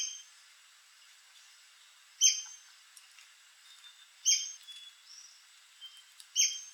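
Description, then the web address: White-crested spadebill calls: three sharp, high, slightly falling squeaks roughly two seconds apart, with faint soft chips and ticks between them. "White crested spadebill. دانلود-صدای-پرنده-بیلچه-نوک-کاکل-سفید"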